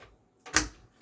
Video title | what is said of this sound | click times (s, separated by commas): Fractal Design Meshify C Dark TG Build Overview | you hear that click in place and we're good so now you can't see the cable there and it's kind of tucked in out of the way | 0.6 s